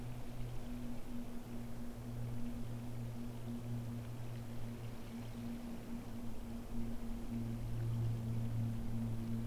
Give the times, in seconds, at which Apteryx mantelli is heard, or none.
none